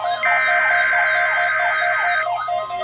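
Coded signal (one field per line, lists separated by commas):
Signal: Emergency Alert System (SAME) tones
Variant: header bursts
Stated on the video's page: NOAA Weather Radio Required Weekly Test relayed through a Sage EAS encoder/decoder.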